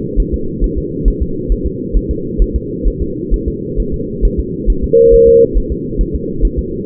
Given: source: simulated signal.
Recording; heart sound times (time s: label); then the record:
fetal heart sounds
0.20 s: S1
0.34 s: S2
0.64 s: S1
0.78 s: S2
1.08 s: S1
1.22 s: S2
1.52 s: S1
1.67 s: S2
1.97 s: S1
2.11 s: S2
2.42 s: S1
2.56 s: S2
2.88 s: S1
3.02 s: S2
3.34 s: S1
3.48 s: S2
3.80 s: S1
3.94 s: S2
4.25 s: S1
4.40 s: S2
4.70 s: S1
4.84 s: S2
5.14 s: S1
5.28 s: S2
5.57 s: S1
5.72 s: S2
6.01 s: S1
6.15 s: S2
6.45 s: S1
6.59 s: S2
From the record:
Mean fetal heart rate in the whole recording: 135 bpm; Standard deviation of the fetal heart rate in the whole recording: 3 bpm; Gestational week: 36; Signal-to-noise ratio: -6.6 dB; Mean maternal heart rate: 72 bpm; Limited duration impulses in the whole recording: present